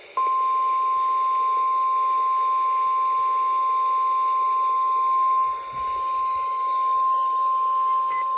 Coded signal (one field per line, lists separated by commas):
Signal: Emergency Alert System (SAME) tones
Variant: 1050 Hz attention tone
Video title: 2/6/25 - Severe Thunderstorm Warning on WXM72 || EAS 1,592